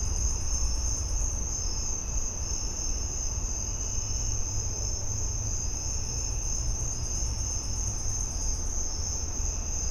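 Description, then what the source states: Continuous high cricket trilling from many insects, with a softer pulsed buzz coming and going above and a steady low rumble underneath. In a suburban back yard.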